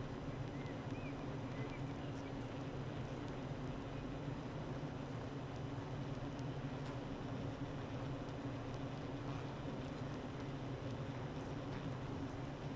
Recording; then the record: honeybee colony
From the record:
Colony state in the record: active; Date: 12 June 2018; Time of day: 8:36